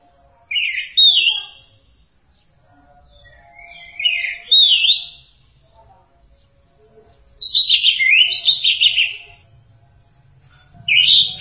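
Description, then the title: Thrush song in short varied whistled phrases with quick chattering notes, given in bursts about every three and a half seconds, with brief silences between them. "burung anis"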